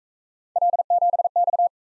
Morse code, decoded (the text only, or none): L7X